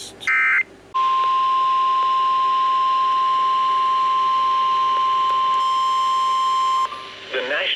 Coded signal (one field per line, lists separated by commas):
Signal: Emergency Alert System (SAME) tones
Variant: 1050 Hz attention tone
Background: speech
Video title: Windy Thursday | EAS Alerts From 6/29/2023 (EAS #2,119-2,144)